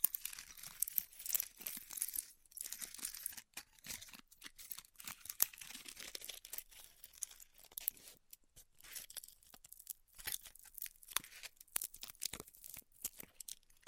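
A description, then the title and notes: Styrofoam being heat cut gives off a dense run of crackling, tearing textures that fill the upper range. Brief snaps and pops come irregularly throughout, with short near-silent gaps, notably around two and a half seconds and again near eight seconds. ASMR Styrofoam Heat Cutting (No Talking).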